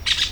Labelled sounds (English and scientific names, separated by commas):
Brown-throated Parakeet (Eupsittula pertinax) contact call